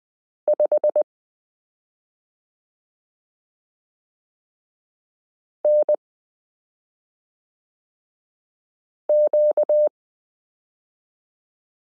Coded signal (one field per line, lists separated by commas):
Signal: Morse code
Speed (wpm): 20 wpm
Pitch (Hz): 600 Hz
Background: none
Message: 5 N Q